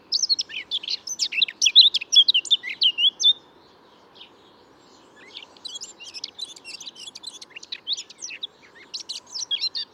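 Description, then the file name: Eurasian blackcap song in two bursts: a loud warbling phrase with fluty notes, a pause, then a quieter, busy twittering stretch. "Sylvia atricapilla"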